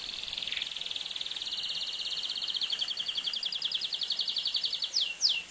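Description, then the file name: Atlantic canary song: a long high rolling trill that slows and grows louder, closing with two strong downward-swept notes. "canto do canario do reino"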